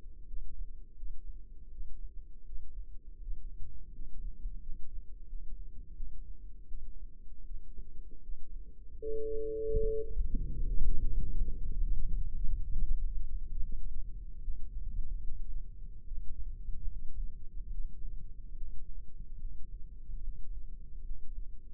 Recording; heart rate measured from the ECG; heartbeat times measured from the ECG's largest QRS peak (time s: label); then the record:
heart sounds by microphone in the left ear; 81 bpm
0.24 s: heartbeat
0.93 s: heartbeat
1.69 s: heartbeat
2.43 s: heartbeat
3.18 s: heartbeat
3.91 s: heartbeat
4.59 s: heartbeat
5.25 s: heartbeat
5.93 s: heartbeat
6.66 s: heartbeat
7.42 s: heartbeat
8.20 s: heartbeat
8.97 s: heartbeat
9.75 s: heartbeat
10.48 s: heartbeat
11.13 s: heartbeat
11.75 s: heartbeat
12.36 s: heartbeat
12.97 s: heartbeat
13.62 s: heartbeat
14.42 s: heartbeat
15.21 s: heartbeat
16.04 s: heartbeat
16.86 s: heartbeat
17.71 s: heartbeat
18.54 s: heartbeat
19.37 s: heartbeat
20.20 s: heartbeat
21.01 s: heartbeat
From the record:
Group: healthy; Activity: rest 0-9 s, Valsalva maneuver 9-22 s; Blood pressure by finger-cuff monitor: 97/54 mmHg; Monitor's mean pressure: 68 mmHg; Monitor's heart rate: 80 bpm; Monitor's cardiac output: 7 L/min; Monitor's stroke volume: 84 mL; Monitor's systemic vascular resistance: 700 dyn s/cm5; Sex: female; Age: 26 years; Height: 165 cm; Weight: 55 kg